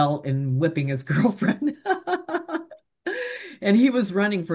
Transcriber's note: laughs